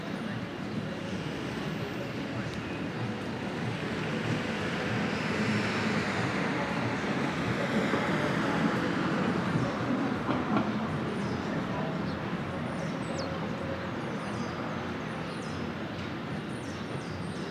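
A Brooklyn morning: a dense, steady roar of traffic fills the whole clip, low and rumbling. It swells between about six and eleven seconds, like a train or heavy vehicle passing, then settles back, with faint high chirps flickering over the last few seconds.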